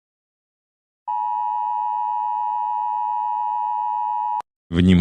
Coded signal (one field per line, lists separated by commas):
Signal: Emergency Alert System (SAME) tones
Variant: 853 and 960 Hz attention tone